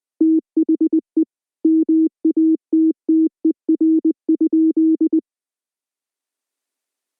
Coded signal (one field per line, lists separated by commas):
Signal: Morse code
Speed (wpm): 20 wpm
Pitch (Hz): 320 Hz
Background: none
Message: THE MATTER?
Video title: EAS Scenario 2: K-1V0